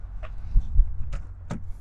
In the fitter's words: ما قفلش كويس صاحب العربيه هيديني 30 قلم كبوت باظ ولا